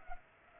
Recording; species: mosquito wingbeat signal from an infrared sensor; Culex pipiens